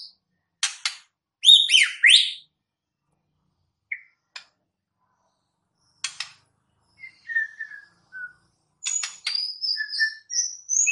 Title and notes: MB Pikat Jitu.. Suara Mantap. murai batu